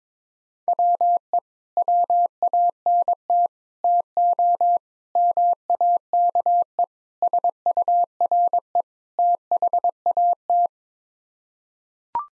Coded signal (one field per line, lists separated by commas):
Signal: Morse code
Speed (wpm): 22 wpm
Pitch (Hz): 700 Hz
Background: none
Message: WE WANT TO MAKE SURE THAT